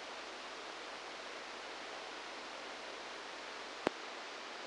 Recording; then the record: brain microelectrode recording played as sound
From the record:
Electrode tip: outside the subthalamic nucleus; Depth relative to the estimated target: -4 mm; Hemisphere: left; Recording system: NeuroSet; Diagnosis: Parkinson's disease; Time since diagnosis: 10 years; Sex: male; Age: 63 years